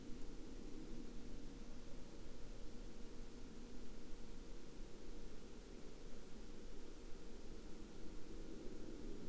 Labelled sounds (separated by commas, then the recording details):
man-made sound
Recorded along the Dalton Highway, Alaska, on 2 April 2019 at 09:31
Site 09